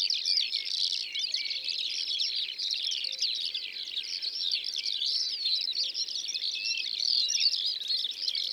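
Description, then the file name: Eurasian skylark song in a thick, endless flow of rapid high chirps and rattling trills. Recorded in the Drôme, France. "Alouettes des champs Concerts Naturels de la Drome Studio les Trois Becs"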